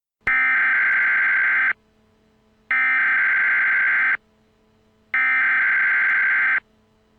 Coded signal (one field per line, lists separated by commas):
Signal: Emergency Alert System (SAME) tones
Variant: header bursts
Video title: EAS Scenario - Barney Error By T3chyy (X-TRA REMASTERED) (SNEAK PEEK)